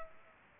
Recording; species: mosquito wingbeat signal from an infrared sensor; Culex pipiens